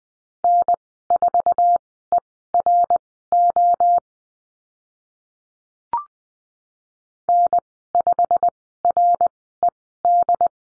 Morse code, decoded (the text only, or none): N4ERO N5RED